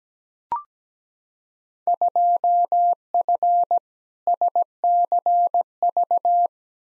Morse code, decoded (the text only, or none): 2F SCV